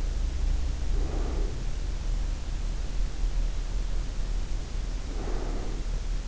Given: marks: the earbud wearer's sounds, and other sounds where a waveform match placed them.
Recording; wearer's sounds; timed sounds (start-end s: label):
sounds in sleep by an in-ear microphone; breath
0.86-2.03 s: breath
5.07-6.28 s: breath